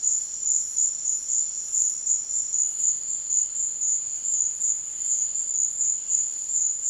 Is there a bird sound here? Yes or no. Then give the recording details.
no. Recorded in dense forest near Puerto Asís, Putumayo, Colombia, on 18 February 2024 at 16:30. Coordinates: 0.502, -76.326. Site G6460